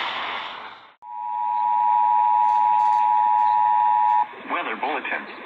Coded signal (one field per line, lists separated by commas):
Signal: Emergency Alert System (SAME) tones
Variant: 853 and 960 Hz attention tone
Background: speech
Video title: TORS AND FLUDDZ BELOW... EAS Alerts from 3/28-29/20 (EAS 2337-2350)